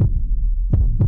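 A low, thudding adult heartbeat.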